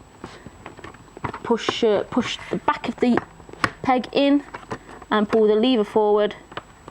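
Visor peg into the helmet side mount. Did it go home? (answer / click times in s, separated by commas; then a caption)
no / none. Someone talks while refitting the visor on the second side of a Caberg Duke flip-front motorcycle helmet, pushing the back of the visor peg into the plastic side mount and pulling the lever forward. Short handling taps and clicks are heard between the words. The peg has not seated or clicked into its mount yet.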